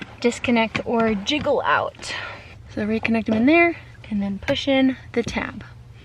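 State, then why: Not seated. A vehicle wiring harness connector is handled at its module socket while its plastic locking tab is pushed in, and someone talks throughout. Nothing has seated or clicked yet.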